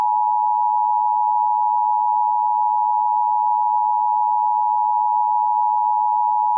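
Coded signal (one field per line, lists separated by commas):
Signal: Emergency Alert System (SAME) tones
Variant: 853 and 960 Hz attention tone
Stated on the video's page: Fictional EAS scenario about an invented spreading bacteria, not a real alert.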